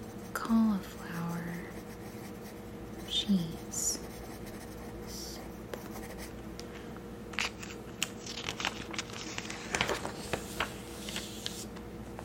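Pages flip and rustle in short papery bursts, with a couple of brief vocal sounds early on and scattered scratchy ticks later over a steady low hum.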